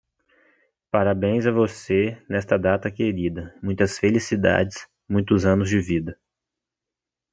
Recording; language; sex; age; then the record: short text; Brazilian Portuguese; male; 20 to 29 years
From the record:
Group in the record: control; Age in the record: 20 years